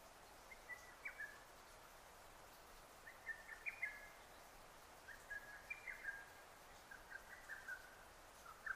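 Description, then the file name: Lesser cuckoo song, fainter and partly masked by steady background noise: short rapid note phrases recur every two seconds or so. Recorded 6 June 2009. "hototogisu 20090606"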